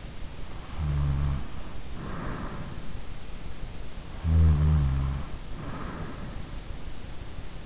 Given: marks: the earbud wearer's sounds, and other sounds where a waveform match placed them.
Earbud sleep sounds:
sounds in sleep by an in-ear microphone; snoring breath
0.64-2.23 s: snoring breath
4.25-6.18 s: snoring breath

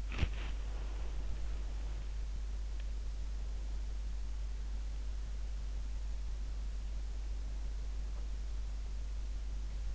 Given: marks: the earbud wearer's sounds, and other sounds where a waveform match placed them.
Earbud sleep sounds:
sounds in sleep by an in-ear microphone; body movement, breath
0.00-0.91 s: body movement
0.57-2.21 s: breath

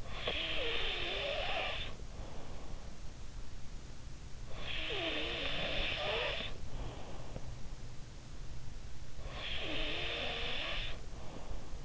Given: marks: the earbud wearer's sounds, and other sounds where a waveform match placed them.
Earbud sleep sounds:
sounds in sleep by an in-ear microphone; snoring breath
0.00-2.77 s: snoring breath
4.39-7.13 s: snoring breath
9.07-11.85 s: snoring breath

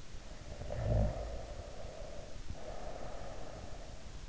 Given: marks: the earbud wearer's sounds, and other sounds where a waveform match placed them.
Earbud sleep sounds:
sounds in sleep by an in-ear microphone; snoring breath
0.12-4.04 s: snoring breath

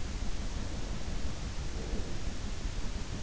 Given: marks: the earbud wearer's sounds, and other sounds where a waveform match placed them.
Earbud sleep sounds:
sounds in sleep by an in-ear microphone; breath
0.33-3.19 s: breath

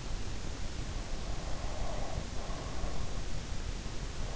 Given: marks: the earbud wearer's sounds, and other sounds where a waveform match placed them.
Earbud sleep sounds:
sounds in sleep by an in-ear microphone; breath
1.08-3.23 s: breath

